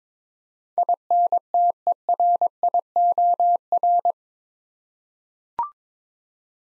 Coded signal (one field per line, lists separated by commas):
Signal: Morse code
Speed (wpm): 22 wpm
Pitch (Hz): 700 Hz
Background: none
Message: INTERIOR